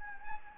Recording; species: mosquito wingbeat signal from an infrared sensor; Anopheles gambiae